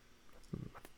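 A brief low, gurgling rumble lasting about a quarter second: ordinary stomach growling in an adult, a harmless digestive sound.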